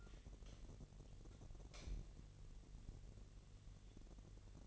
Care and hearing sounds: daily activity, microphone in the room; light on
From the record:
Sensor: 4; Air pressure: 1012.8 hPa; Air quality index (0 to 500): 250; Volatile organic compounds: 4 ppm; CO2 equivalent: 1675 ppm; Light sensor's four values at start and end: 14/32/13/13 and 16/41/16/17

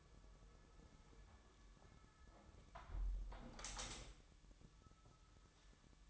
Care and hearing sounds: daily activity, microphone in the room; close window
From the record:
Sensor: 3

